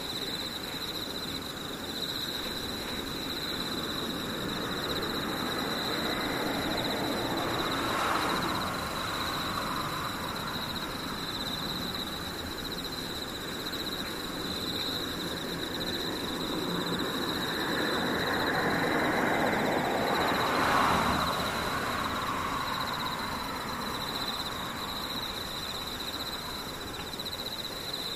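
Insects trill steadily through the whole clip, a thin high whine with fainter, even higher tones above it. Underneath runs a dense low rumble of traffic, swelling as vehicles pass around eight seconds and again near twenty-one seconds.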